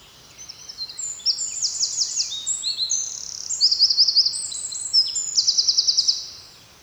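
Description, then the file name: Eurasian wren song, a long and loud outpouring of rapid high trills and rattling note series, changing pitch several times. "Troglodytes troglodytes"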